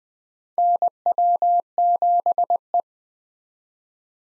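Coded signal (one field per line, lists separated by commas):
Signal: Morse code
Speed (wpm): 20 wpm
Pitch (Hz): 700 Hz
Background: none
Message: NW7E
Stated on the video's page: Morse practice of common SOTA chaser call signs at 20 wpm, each sent twice around a spoken version, for head-copy.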